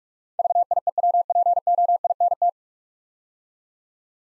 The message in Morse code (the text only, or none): VIEWPOINT